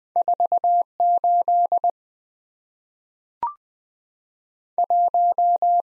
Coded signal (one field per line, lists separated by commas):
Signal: Morse code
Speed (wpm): 20 wpm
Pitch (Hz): 700 Hz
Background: none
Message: 48 1